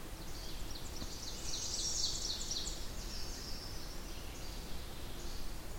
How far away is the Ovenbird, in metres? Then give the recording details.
about 70 m. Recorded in boreal forest in Alberta, Canada, on 20 June 2016 at 08:32. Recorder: SongMeter 3, array SBT-6-81. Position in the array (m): 80 m, 61 m. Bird 24